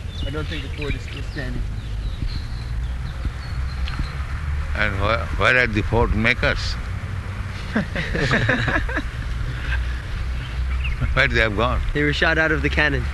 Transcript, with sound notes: I don't think the fort is still standing.
And where are the fort makers? [laughter] Where they have gone?
They were shot out of the cannon.